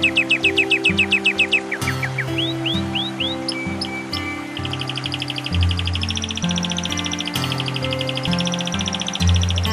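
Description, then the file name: Canary delivering a rapid string of repeated notes, a few separate upslurred whistles, then a long wavering rolled trill, over steady low tones. Canary song mixed with nature sounds. "suara kenari dan suara alam"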